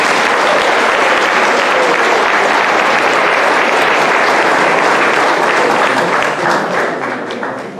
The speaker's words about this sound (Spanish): Mientras que venga esa participación de la red académica, pues hay una compañera que quiere cantar, que es especialmente pues de Palestina. Entonces, pues igual le demos un fuerte aplauso, compañeras, compañeros.